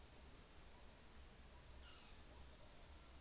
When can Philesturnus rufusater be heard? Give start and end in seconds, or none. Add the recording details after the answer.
1.65-2.28. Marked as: faintness 2/5, faintness 3/5. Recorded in New Zealand on 24 December 2018. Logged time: 17:45